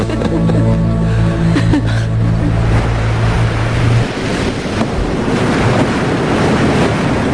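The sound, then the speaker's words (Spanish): Late at night, steady rushing surf breaks against the shore of a seaside city over a continuous roar of wind, with a low droning engine-like hum for the first few seconds before the breaking waves take over alone. “No había un alma a orillas del mar.”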